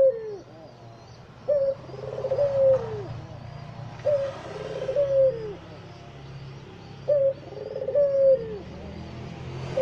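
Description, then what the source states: Barbary dove giving three widely spaced coos, each a clipped note followed by a rolling descending phrase, over a low background hum. White Barbary dove (puter putih); training (masteran) recording used to teach songbirds.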